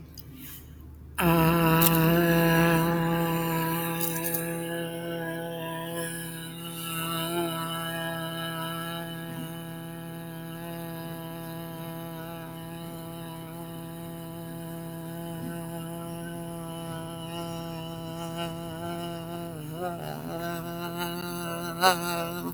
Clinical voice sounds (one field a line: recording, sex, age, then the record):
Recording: vowel held as long as possible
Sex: female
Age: 30 to 39 years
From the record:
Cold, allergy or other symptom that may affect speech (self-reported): no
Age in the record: 37 years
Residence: North Carolina, United States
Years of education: 13